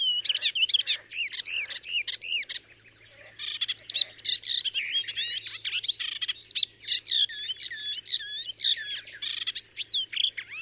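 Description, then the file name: Icterine warbler pouring out a dense, rapid stream of varied squeaky, slurred and chattering high notes, with hardly any pauses. "Hypolais icterine"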